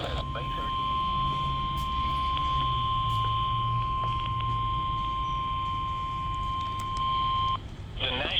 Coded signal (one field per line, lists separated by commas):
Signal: Emergency Alert System (SAME) tones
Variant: 1050 Hz attention tone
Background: speech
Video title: EAS # 1036-1074: Marginally Enducive II: Memorial Day Week Alerts (EAS Alerts from 5/30-6/1/22)